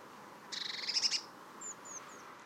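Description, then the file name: Eurasian blue tit, a dry buzzy churr lasting under a second, followed by three thin, high, falling notes. "Cyanistes caeruleus"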